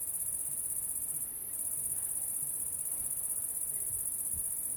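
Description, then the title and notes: Cricket trilling high and steadily, a brief dip early on, with soft low thumps in the background. Recorded at La Sablière, Saint-Privat-de-Champclos, France, with a Zoom H6 and M/S microphone. "Saint-Privat-de-Champclos, France - cricket la sabliére. cricket la sabliére Captation : ZOOMH6 + M/S Microphone"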